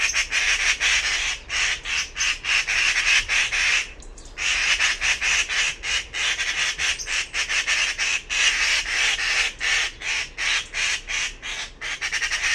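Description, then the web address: Bird chatter of rapid, scratchy squawks, about three a second, with a brief lull early on before the calling resumes. "cianscape birddata Deverinetal"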